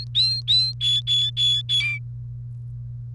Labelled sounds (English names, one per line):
Domestic Canary song